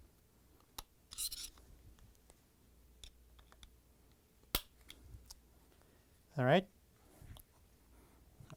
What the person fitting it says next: you heard the click that means it's in